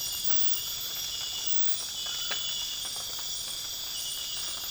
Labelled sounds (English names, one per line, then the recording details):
none
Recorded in dense forest near Puerto Asís, Putumayo, Colombia, on 12 March 2025 at 02:00
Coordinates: 0.484, -76.325
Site G045